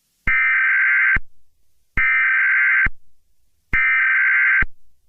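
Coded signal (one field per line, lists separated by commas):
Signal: Emergency Alert System (SAME) tones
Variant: header bursts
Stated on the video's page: EAS broadcast recovered from an old tape said to be stored at a station site, sent out to the area.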